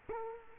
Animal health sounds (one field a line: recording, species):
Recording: mosquito wingbeat signal from an infrared sensor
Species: Culex quinquefasciatus